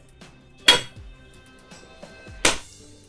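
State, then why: Seated. A dust collector filter bag's spring snap band is pressed into a 6 1/4 in cell plate template hole. Two sharp snaps ring out at 0.7 s and 2.5 s, with faint handling rustles between them. The band seats nice and tight, confirming the bag fits a 6 1/4 in cell plate hole.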